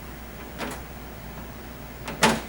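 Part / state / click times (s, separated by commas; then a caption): bowl into frozen drink machine base / seated / 2.2 s. A clear plastic freezing bowl is pushed onto a frozen drink machine base and then locked in place so its feet engage the tabs on the base, which is stressed as very important. After a faint knock near 0.6 s, two short knocks follow at 2.1 s and 2.2 s. The louder second knock at 2.2 s is the bowl locking and seating on the base.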